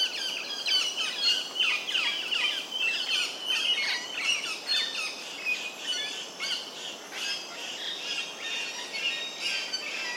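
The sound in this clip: Double-eyed fig parrot calls: dense, continuous high chirping and twittering, shrill and unbroken throughout.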